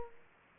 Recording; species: mosquito wingbeat signal from an infrared sensor; Aedes aegypti